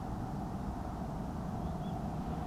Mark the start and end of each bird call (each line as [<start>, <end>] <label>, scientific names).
[1.81, 1.95] Charadrius dubius